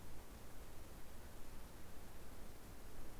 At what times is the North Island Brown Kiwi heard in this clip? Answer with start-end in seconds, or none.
none